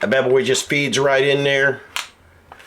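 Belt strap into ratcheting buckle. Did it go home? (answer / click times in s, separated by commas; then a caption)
yes / 2.0 s, 2.5 s. Someone talks as the slotted strap of a KORE Essentials EDC belt is fed into its ratcheting buckle clip. Its teeth click past the pawl in sharp clicks at 2.0 s and 2.5 s, and the strap ratchets down and seats in the buckle.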